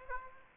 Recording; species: mosquito wingbeat signal from an infrared sensor; Aedes aegypti